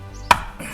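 Someone presses the second plastic lock clip on the air filter housing cover of a Suzuki Access 125 scooter during an air filter replacement. A sharp snap is heard at 0.3 s, and the clip locks closed, seated.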